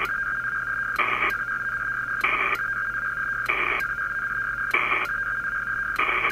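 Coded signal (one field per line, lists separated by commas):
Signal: HF data modem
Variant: PACTOR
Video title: Pactor is a pain in the rear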